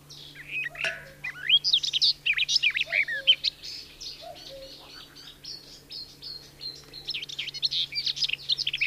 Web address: Madardalok Kerti poszáta